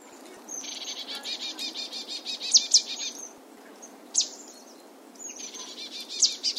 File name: Poecile palustris